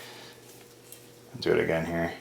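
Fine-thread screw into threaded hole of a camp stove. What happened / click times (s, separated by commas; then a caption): The screw thread dropped into engagement with a faint click / 0.9 s. A fine-thread screw is turned counterclockwise in the threaded hole of a metal part of a Coleman 502 camp stove, and its thread tip drops into the start of the hole's thread with a faint click at 0.9 s. This is the engagement point before threading clockwise, which prevents cross-threading, and the screw is seated in the thread. Someone talks afterward.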